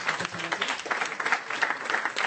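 An audience applauds steadily, a dense wash of many hands clapping at once with no pauses, sustained and moderately loud throughout.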